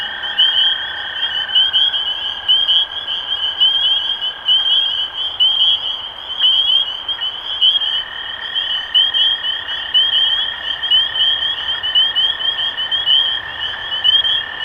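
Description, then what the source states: Spring peepers giving sharp upslurred peeps, roughly one a second from the loudest caller, amid a thick chorus and an intermittent lower drone. Recorded 23 March 2012.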